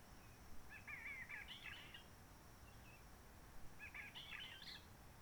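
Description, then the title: Réunion bulbul song: two bursts of chattering, warbled notes separated by a pause of about two seconds, over a steady low background hiss. Roche Merveilleuse, Réunion; forest quiet since the 19 March 2020 lockdown, no people, microlights or helicopters; sunny blue sky; birds not very active; sings simpler short phrases, adapted to noise pollution. "Roche Merveilleuse, Réunion - Merle de lîle de la Réunion."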